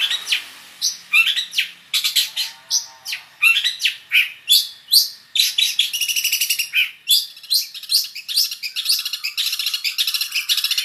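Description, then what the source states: Long-tailed shrike singing a varied medley of chattering, whistled and scratchy phrases, quickening into a dense rattling stream in the second half. Full song packed with imitations of other birds, a style known as gacor isian.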